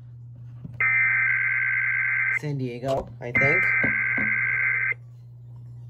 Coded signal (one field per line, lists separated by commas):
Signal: Emergency Alert System (SAME) tones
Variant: header bursts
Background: speech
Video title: EAS 1144: MTR RWT